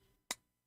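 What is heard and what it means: A steel motor mount screw is turned counterclockwise in the threads of an aluminum motor base. A single sharp, bright click is heard at 0.3 s as the screw drops onto the start of the thread. The screw is seated on the thread.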